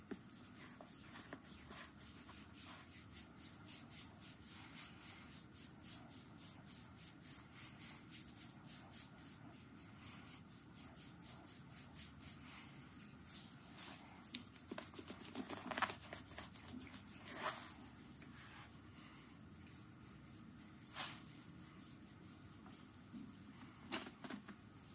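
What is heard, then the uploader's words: Hands rub lotion into a foot in a steady, dense run of soft rubbing and swishing strokes. Quick regular strokes dominate the first half, then slow into fewer, broader ones, with a few sharper wet smacks around 15, 17 and 24 seconds. ASMR Tingle Foot Massage with lotion.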